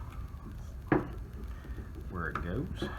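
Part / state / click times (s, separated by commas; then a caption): trigger group into rifle receiver / seated / 0.9 s. A reassembled T/C R22 trigger group fitted with Bellm springs is lined up and pushed back into the rifle receiver while someone talks. A sharp pop at 0.9 s marks it seating into the receiver.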